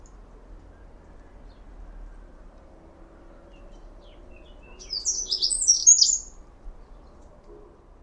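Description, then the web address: Bird calls: a quiet stretch, then a quick series of high, sharp chirps and twittering notes lasting under two seconds; faint low background hum throughout. "Deverinetal 2025 File origin Bird Only"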